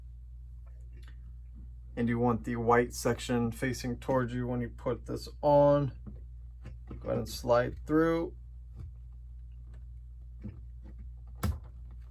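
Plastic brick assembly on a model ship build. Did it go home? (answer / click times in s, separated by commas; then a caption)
yes / 11.4 s. Someone talks while a Lego piece, turned with its white section facing forward, is slid through and pushed onto a Republic Gunship Lego model during a plastic brick build. A short, sharp click at 11.4 s marks the part snapping into place, fully seated.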